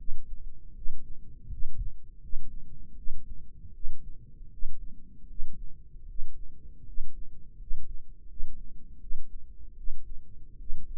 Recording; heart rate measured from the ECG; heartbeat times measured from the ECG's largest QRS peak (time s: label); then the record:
heart sounds by microphone in the right ear; 79 bpm
0.75 s: heartbeat
1.49 s: heartbeat
2.20 s: heartbeat
2.96 s: heartbeat
3.73 s: heartbeat
4.50 s: heartbeat
5.28 s: heartbeat
6.07 s: heartbeat
6.85 s: heartbeat
7.58 s: heartbeat
8.27 s: heartbeat
9.00 s: heartbeat
9.76 s: heartbeat
10.58 s: heartbeat
From the record:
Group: healthy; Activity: rest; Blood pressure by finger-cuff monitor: 98/63 mmHg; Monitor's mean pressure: 72 mmHg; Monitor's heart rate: 78 bpm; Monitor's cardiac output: 6.2 L/min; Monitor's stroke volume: 77 mL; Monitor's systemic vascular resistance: 840 dyn s/cm5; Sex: female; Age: 22 years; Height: 163 cm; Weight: 67.1 kg